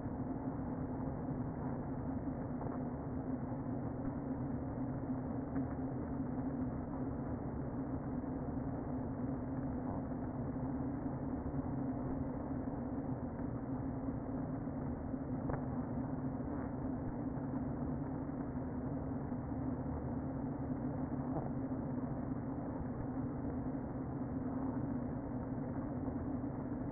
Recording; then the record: honeybee colony, microphone inside the hive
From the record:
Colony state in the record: queen present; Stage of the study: before two queens were removed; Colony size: about 60,000 bees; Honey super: yes